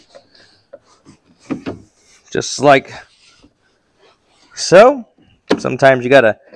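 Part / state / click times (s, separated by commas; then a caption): taillight housing into UTV rear bed opening / not seated / none. A plastic LED taillight housing on a Polaris Ranger UTV is handled and pushed toward its opening in the rear bed after its plug has been reconnected. Someone talks while a few soft knocks and rubbing sounds are heard. Nothing has seated or clicked yet.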